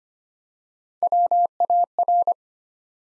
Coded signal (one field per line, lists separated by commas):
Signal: Morse code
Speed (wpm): 25 wpm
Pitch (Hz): 700 Hz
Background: none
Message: WAR